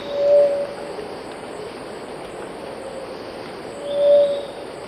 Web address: Natures Songs S America Eastern Lowlands Leptotila rufaxilla, song